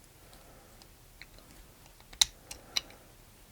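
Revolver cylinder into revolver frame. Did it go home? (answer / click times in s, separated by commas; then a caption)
yes / 2.2 s. The cylinder of a Hopkins and Allen XL double-action pocket revolver, over 100 years old, is worked back into its steel frame, with faint small ticks of metal handling around it. A sharp metallic click at 2.2 s marks the cylinder seating in the frame, followed by lighter clicks at about 2.5 and 2.8 s.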